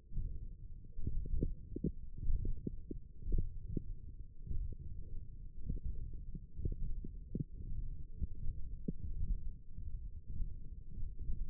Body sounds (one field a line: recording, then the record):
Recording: forearm muscle sounds (acoustic myography)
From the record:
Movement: hand closing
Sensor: system 1, eight BSWA MPA416 microphones around the upper forearm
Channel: 1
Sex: male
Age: 23 years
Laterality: right